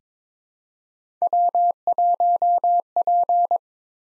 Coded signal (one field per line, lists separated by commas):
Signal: Morse code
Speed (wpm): 22 wpm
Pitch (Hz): 700 Hz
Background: none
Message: W1P